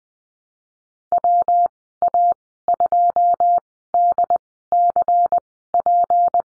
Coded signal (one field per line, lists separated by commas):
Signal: Morse code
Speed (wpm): 20 wpm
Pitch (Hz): 700 Hz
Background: none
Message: WA2DCP